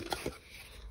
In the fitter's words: you push the mortar round in until it clicks.